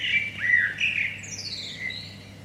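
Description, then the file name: Common blackbird singing a short fluty phrase that slides into a thin, high, squeaky twitter trailing downward, over a steady low background hum. "Turdus merula"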